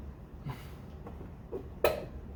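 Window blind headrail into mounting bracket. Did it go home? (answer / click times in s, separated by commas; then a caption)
no / none. A window blind headrail is pushed into its mounting bracket, with soft scuffs and knocks around 0.5, 1.1 and 1.6 seconds and a sharper, louder knock at 1.9 seconds. The headrail does not snap into the bracket, so nothing has seated or clicked yet.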